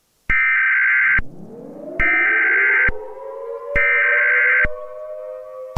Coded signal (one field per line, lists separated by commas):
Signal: Emergency Alert System (SAME) tones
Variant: header bursts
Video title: Winters Curse: A EAS Scenario